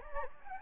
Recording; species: mosquito wingbeat signal from an infrared sensor; Anopheles gambiae